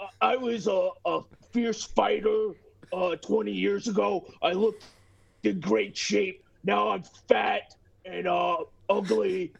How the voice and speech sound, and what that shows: Stuttering John impression.